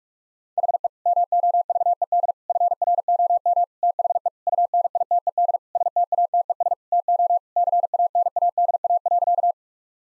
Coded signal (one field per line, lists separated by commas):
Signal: Morse code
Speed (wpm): 43 wpm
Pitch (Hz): 700 Hz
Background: none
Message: HE MOVED FROM THE UNITED STATES TO CANADA.